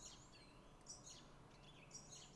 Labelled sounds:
Song Thrush
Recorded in Germany
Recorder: ecoPi

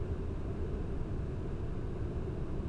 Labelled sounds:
none
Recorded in Germany
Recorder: ecoPi

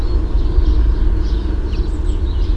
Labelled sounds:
Common Chaffinch
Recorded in Germany
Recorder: ecoPi

